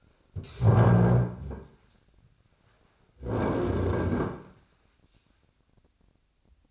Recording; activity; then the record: daily activity, microphone in the room; stand up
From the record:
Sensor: 2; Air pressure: 1009.2 hPa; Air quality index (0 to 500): 168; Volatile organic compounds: 2 ppm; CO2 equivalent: 1235 ppm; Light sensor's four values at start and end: 41/112/46/52 and 42/113/47/53